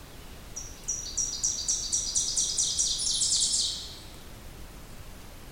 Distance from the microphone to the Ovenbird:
about 40 m